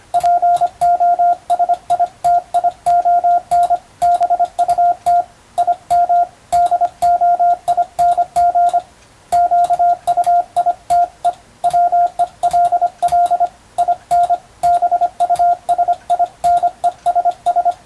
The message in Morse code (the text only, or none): POSITION BUT IM DOING QUITE WELL IN BUSINESS